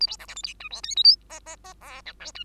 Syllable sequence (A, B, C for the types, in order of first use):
A B C D E F G H I J K L L L M N O G